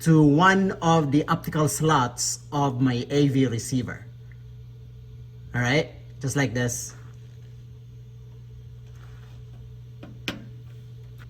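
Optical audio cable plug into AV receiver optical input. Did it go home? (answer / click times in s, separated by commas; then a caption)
yes / 10.3 s. Someone talks, then the other end of an optical audio cable is pushed into an optical input slot on an AV receiver. After a quiet pause, a single sharp click is heard at 10.3 seconds as the plug seats.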